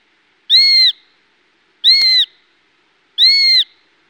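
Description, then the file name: Eurasian sparrowhawk giving three loud, even, drawn-out whining notes, each slightly arched in pitch and spaced about 1.3 seconds apart, with nothing else audible. "sperwer"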